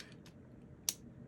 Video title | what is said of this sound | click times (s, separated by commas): Marginalia No. 5 - Exploring My 2025 Stationery Favorites | there's a satisfying click, but it's like not a snap. | 0.9 s